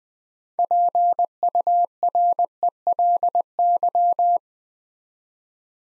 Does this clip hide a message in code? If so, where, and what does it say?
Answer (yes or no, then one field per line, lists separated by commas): yes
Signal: Morse code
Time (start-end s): 0.6-4.4 s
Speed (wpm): 20 wpm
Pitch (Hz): 700 Hz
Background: none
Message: PURELY